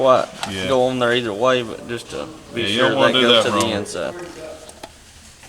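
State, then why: Seated. A new oil filter element is pushed into the opening of its filter housing cap on a small engine or machine while someone talks. The element pops into place and seats with a short, sharp snap at 4.8 seconds.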